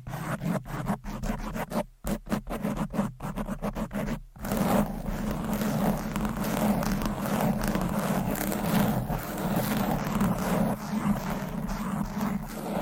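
Fast, aggressive scratching right against a microphone: choppy rasping bursts with brief gaps for four seconds, then a continuous dense, grinding scrape.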